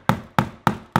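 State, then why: Not seated. The longer wooden dowel for a toy corgi's head is pushed into its hole in the wooden body and tapped in with a hammer, giving four sharp knocks at about 0.1, 0.4, 0.7 and 1.0 seconds. Nothing has seated yet; the dowel is not fully home when the clip ends.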